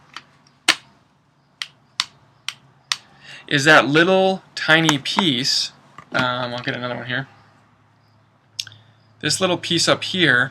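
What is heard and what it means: An unmodified, out-of-the-box ProMag polymer rotary magazine sits in the magazine well of a Ruger 10/22 semi-auto rimfire rifle. It gives sharp clicks at 1.6, 2.0, 2.5 and 2.9 seconds as a small tab rubs in and out of a hex-head hole it cannot enter. Someone talks between and after the clicks.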